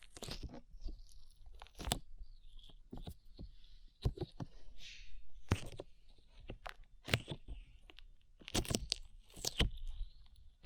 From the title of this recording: ASMR SLIME